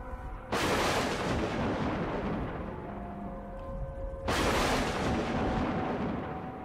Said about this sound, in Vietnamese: Mây đen ở đâu kéo đến rất nhanh, làm tối mịt một vùng trời. Sấm sét cũng bắt đầu nổi lên dữ dội.